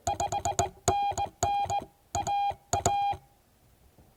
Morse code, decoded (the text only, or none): 5NN AA